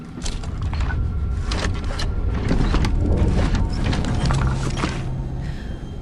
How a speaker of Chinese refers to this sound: 然后现在是有一把钥匙，我把这个钥匙给扭开，扭开，扭。